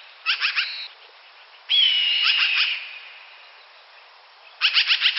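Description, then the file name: Magpie giving a quick rattled chatter burst, then a long grating screech, then another rapid rattling series at the end. "Hawk Magpie"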